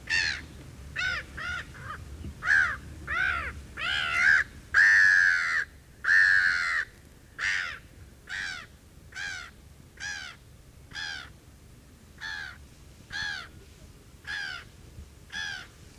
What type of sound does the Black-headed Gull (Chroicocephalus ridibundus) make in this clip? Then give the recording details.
call. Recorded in the wild. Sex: group. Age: adult. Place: Wreechen, Insel Rügen, Mecklenburg-Vorpommern, DE. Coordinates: 54.3297, 13.4656. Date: 1979-06-26 19:03. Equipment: ITT Schaub-Lorenz Studio Recorder 72, Verstärker, MD 421 HL, Reflektor, Kopie Uher 4200 Report. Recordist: Tembrock, Günter